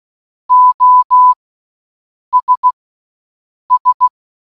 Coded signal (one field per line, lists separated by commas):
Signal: Morse code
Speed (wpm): 16 wpm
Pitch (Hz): 1000 Hz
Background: none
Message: OS S